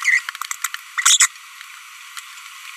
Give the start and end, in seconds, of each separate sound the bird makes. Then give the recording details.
0.03-0.19, 0.64-0.67, 0.98-1.26. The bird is a female. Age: 25 days. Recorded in a nest box in Venezuela. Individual 17B42B1